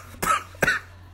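Two short, sharp dry coughs about half a second apart, an ordinary adult cough in a quiet room.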